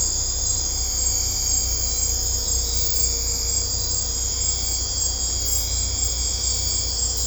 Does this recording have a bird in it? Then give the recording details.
no. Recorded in secondary vegetation near Puerto Asís, Putumayo, Colombia, on 16 December 2024 at 21:00. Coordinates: 0.502, -76.326. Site G028